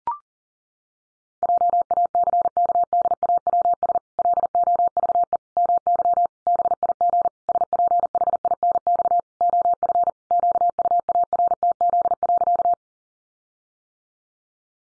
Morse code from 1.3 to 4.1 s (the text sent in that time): JACKDAWS